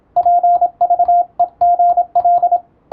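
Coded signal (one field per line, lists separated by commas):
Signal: Morse code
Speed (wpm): 27 wpm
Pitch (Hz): 700 Hz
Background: radio noise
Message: PVEGL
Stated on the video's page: Morse receiving practice using European-language telegram practice text, as in radiotelegraph operator training.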